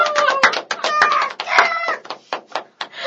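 bird, crow cawing

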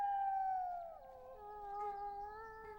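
animal, wolf howling

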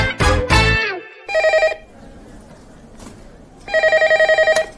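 signal or alarm, telephone ringing

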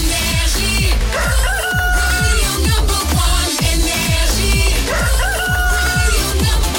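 bird, rooster crowing

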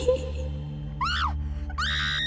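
sound effect, woman screaming in fright

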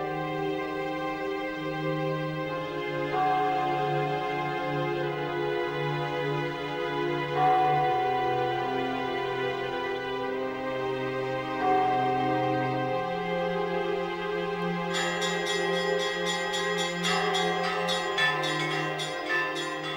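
signal or alarm, church bells ringing

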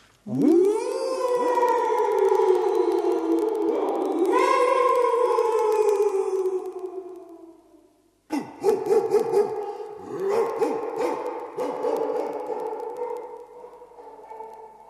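animal, dog howling

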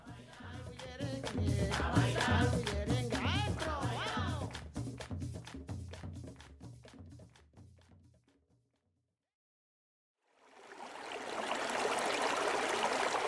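nature, flowing river stream

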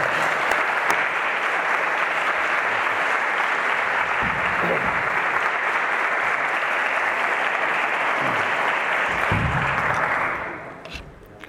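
crowd, loud audience applause

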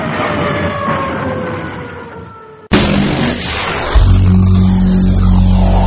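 vehicle, police patrol car siren

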